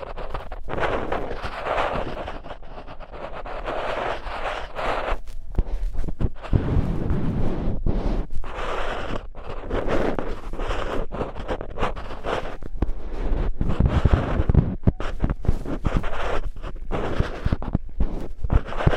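Traditional Chinese ear cleaning, heard as a dense run of scratching, rubbing and crackling. Short dry scrapes and clicks come in quick, irregular bursts with brief gaps, growing louder and busier after about six seconds and staying dense to the end.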